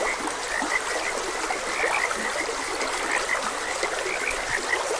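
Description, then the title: Frogs calling with bright, clipped notes scattered every fraction of a second, with trickling stream water underneath throughout. Frogs croaking beside a gentle stream. "Gentle Stream and Frogs Croaking"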